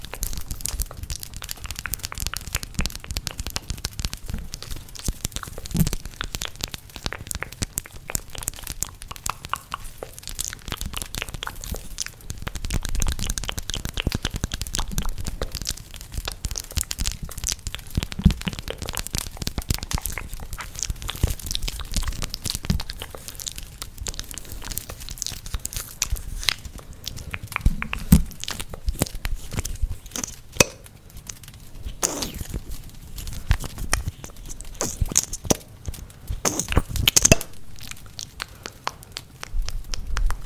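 Dense mouth sounds with crackling fireplace pops, crinkly and busy throughout, with sharper snaps near 28, 32 and 37 seconds.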